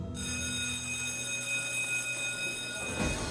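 A school bell rings steadily for about three seconds, a loud, continuous metallic ringing with a bright, buzzy tone and no pauses, signalling the start of class. Nobody speaks.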